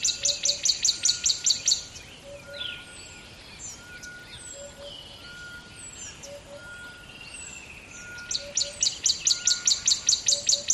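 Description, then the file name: Bird giving bursts of rapid high chirps at the start and end, with quieter whistled and slurred notes in between. Close bird at dawn beside a river in the bush. "ATMO BUSH River Dawn Bird Close"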